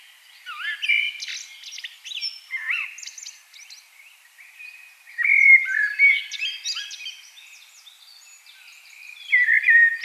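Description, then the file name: Common blackbird song in repeated bursts of warbling and chattering, loud phrases separated by softer twittery passages. "Turdus merula"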